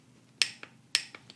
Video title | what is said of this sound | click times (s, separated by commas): Start To Finish LS Camshaft Swap In My Garage | can you try it yeah listen listen when you get to the right torque it clicks | 0.4 s, 1.0 s